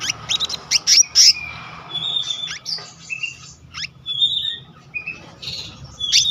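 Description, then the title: Selendang biru song, a rapid mix of high chirps, short whistled slurs and buzzy trills, delivered almost without pause over a faint low hum. Continuous rolling song style (gacor ngeroll) with fill-in phrases (isian). "BURUNG SELENDANG BIRU GACOR NGEROLL ISIAN"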